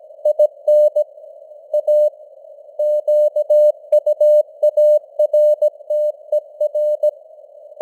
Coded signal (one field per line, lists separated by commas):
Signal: Morse code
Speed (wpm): 17 wpm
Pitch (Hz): 600 Hz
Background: none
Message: IN A QUARTER